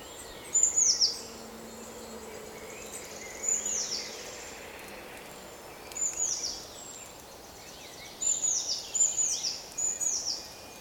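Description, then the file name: Eurasian blue tit giving thin, very high descending notes in short clusters of two or three, spaced a few seconds apart, over a steady background hiss. "Cyanistes caeruleus"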